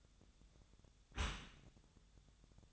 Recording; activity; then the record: daily activity, microphone in the room; close dishwasher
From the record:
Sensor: 3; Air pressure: 1004.6 hPa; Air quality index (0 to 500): 102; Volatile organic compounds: 4 ppm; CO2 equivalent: 1589 ppm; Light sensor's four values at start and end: 7/17/7/7 and 7/17/7/7